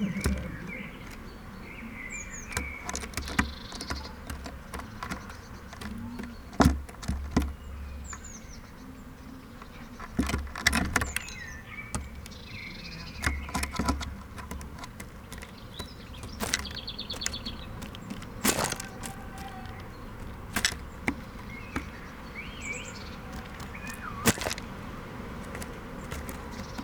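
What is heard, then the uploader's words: Close microphones inside a bird feeder pick up a busy run of sharp taps, clicks and knocks as birds peck and shuffle seed, with dull low thumps from bodies landing. Brief faint chirps and fluttering buzzes come and go throughout. Bird feeder. Deux microphones dans une mangeoire à oiseaux. With a zoom H1n and binaural microphones Roland CS-10EM.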